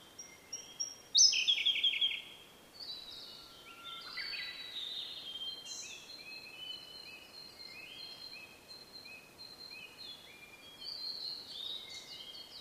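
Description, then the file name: Blue-and-white flycatcher song: a loud burst of high whistled notes near the start, then softer whistled phrases. "oruri"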